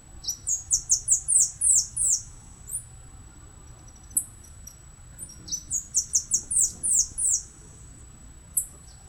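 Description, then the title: Saffron-billed sparrow song: rapid run of very high, thin down-slurred notes given twice, each phrase ending in an isolated sharp note, with a steady high whine. "LuckyPassaro Completos2Sama. Saffron-billed Sparrow (Arremon flavirostris)"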